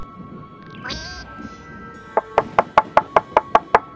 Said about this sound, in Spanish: ¡Chale! Es que me está tocando la puerta